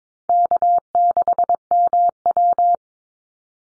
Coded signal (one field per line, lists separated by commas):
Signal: Morse code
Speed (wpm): 22 wpm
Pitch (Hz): 700 Hz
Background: none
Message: K6MW